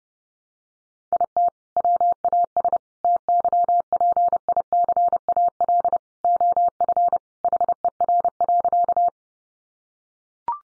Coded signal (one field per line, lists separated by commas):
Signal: Morse code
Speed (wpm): 30 wpm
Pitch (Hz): 700 Hz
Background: none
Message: IT WAS TYPICAL OF HER.